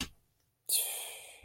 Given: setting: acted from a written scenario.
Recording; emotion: vocal sound without words; guilt